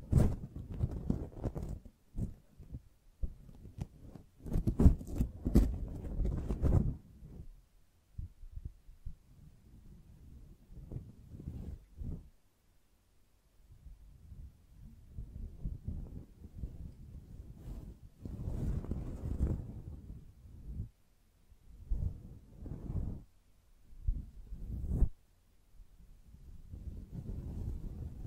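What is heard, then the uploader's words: Gentle brushing in irregular strokes, mostly soft and low with dull thudding rubs, a few strokes brushing brighter and crisper. The densest, loudest run fills the first seven seconds, then quieter scattered strokes, with fresh bursts around 18–25 seconds and again near the end. ASMR Gently Brushing Your Brain (No Talking).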